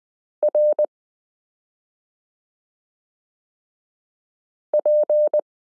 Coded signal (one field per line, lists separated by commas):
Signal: Morse code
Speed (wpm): 20 wpm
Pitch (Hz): 600 Hz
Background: none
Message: RP